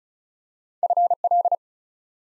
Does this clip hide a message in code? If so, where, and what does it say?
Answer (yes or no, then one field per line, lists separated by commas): yes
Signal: Morse code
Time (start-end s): 0.8-1.6 s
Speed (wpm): 36 wpm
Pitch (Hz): 700 Hz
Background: none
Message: FL